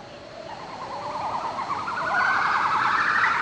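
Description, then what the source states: Crested gibbon song: rapid wavering trilled notes climbing steadily in pitch and growing louder, sung over a hissing background. Two females of a newly discovered crested gibbon species join the song after the male; played from a recording.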